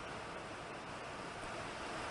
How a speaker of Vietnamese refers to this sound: Ở đoạn cuối do mưa hơi lớn cho nên là âm thanh nó không được tốt, mong chư vị thông cảm nha.